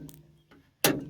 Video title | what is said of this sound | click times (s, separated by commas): How to Open a STUCK Door (Many 40's and 50's Cars) | what I'm doing now is I'm turning it in the closed Direction so whenever you close the door this thing turns two clicks | 0.1 s, 0.8 s